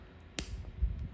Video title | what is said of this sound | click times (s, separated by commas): More than you ever wanted to know about your home’s internet fiber | so when you hear that click inside here you know | 0.4 s